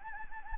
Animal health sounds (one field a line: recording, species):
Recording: mosquito wingbeat signal from an infrared sensor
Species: Anopheles gambiae